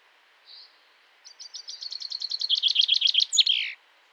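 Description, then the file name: Common chaffinch, one soft note, then a rattling song that strengthens before a sharp, descending terminal flourish. "Fringilla coelebs"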